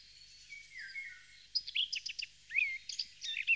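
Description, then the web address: Eurasian blackcap song: soft warbling notes, a drawn-out falling whistle followed by quick chattering and twittering phrases, with faint background noise. "chants d'oiseaux Jean C Roche - Fauvette a tete noire"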